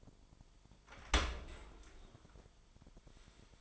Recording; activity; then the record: daily activity, microphone in the room; open dishwasher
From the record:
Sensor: 5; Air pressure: 1003.2 hPa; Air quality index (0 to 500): 129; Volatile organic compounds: 1 ppm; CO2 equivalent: 942 ppm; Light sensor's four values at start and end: 90/216/92/105 and 87/209/89/102